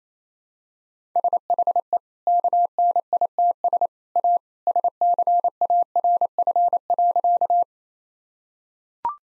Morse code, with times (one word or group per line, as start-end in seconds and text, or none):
1.2-2.0 SHE
2.3-3.9 KNITS
4.2-4.4 A
4.7-7.6 SCARF.